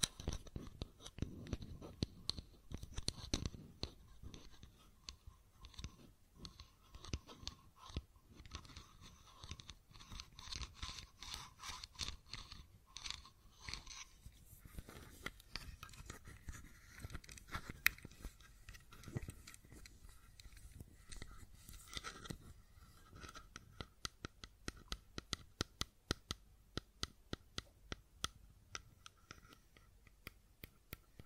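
Fidget cube tapping and clicking, a dense stream of quick, crisp clicks with bursts of busier fiddling early and sharper isolated clicks near the end.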